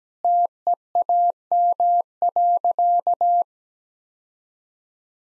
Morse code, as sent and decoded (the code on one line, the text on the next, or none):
- . .- -- .-.-.-
TEAM.